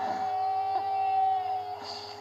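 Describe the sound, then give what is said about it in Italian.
A crowd in Piazza Fontoni, at the Elia Media kiosk during a Radio Kairos broadcast, cheers and whoops in a continuous wash of noise, with a steady high-pitched tone ringing through it and a low hum beneath, swelling again briefly toward the end. “Ok, parte l'applauso, Piazza Fontoni, 19:20, nel chiosco di Elia Media, Radio Kairos 105.85.”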